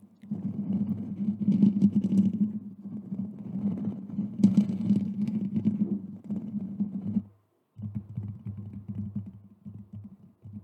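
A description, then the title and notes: Scratching and tapping on objects, with a dense rough scraping texture and scattered sharp clicks, a few bright ones near 2 and 4.5 seconds. The sound stops briefly around 7.5 seconds, then resumes as lighter, choppier tapping. Relaxing Scratching and Tapping | Quinn ASMR. This episode features relaxing, sleep inducing scratching and tapping on random items.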